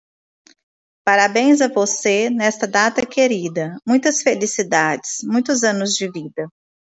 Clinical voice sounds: short text; Brazilian Portuguese; female; 30 to 39 years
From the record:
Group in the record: control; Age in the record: 39 years

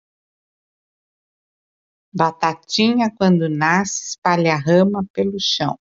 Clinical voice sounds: short text; Brazilian Portuguese; female; 60 to 69 years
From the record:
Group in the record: control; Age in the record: 66 years

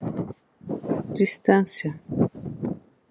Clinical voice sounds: short text; Brazilian Portuguese; female; 60 to 69 years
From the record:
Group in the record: control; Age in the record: 64 years

